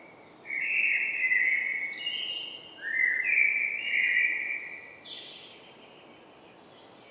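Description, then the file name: Common blackbird singing two rich, low warbled phrases back to back, followed by a sustained high, thin twittering ending. "Turdus merula"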